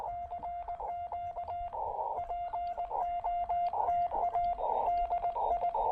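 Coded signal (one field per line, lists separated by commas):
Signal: Morse code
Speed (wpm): 19 wpm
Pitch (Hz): 700 Hz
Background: radio noise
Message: CQ POTA DI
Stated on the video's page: QRP Parks on the Air CW activation with a Yaesu FT-817/818 field transceiver.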